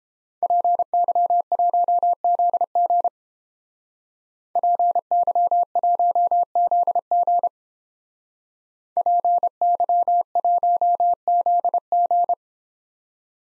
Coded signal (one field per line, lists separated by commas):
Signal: Morse code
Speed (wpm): 30 wpm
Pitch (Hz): 700 Hz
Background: none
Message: PY1ZG PY1ZG PY1ZG